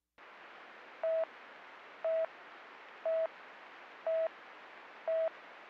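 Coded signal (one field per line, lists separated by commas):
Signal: none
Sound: radio talk-permit beeps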